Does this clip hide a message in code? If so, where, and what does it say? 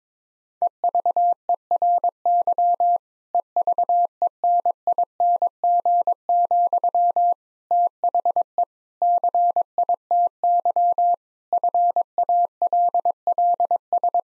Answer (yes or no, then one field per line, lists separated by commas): yes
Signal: Morse code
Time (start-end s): 0.6-14.2 s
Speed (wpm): 22 wpm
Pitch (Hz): 700 Hz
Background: none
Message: EVERY EVENING, THE CITY FALLS